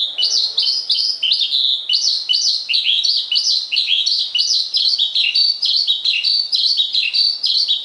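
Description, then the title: Javan bush lark with a continuous high-pitched song of short chirps and brief downward slurs, delivered quickly and evenly. "Suara Burung Branjangan"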